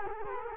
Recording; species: mosquito wingbeat signal from an infrared sensor; Culex quinquefasciatus